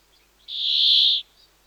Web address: Brambling